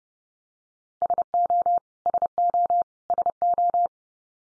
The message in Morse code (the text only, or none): SO SO SO